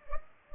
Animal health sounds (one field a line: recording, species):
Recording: mosquito wingbeat signal from an infrared sensor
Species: Culex pipiens